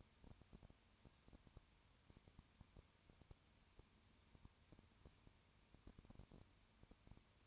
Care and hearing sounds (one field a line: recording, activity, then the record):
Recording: daily activity, microphone in the room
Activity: no activity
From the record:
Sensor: 2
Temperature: 20.8 degrees Celsius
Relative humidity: 38.3%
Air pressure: 1010.4 hPa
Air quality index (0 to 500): 200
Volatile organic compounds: 19 ppm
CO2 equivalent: 2651 ppm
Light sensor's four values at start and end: 2/3/2/2 and 2/3/2/2